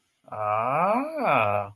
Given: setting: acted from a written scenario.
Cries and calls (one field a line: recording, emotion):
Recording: vocal sound without words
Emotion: realization